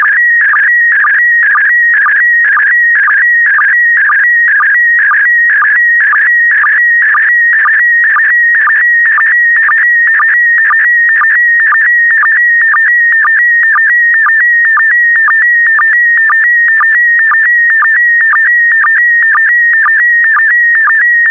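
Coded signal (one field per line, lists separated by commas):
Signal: SSTV (slow-scan television)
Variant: PD120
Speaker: complete. You can now check your decoded image against the picture that is shown on the video.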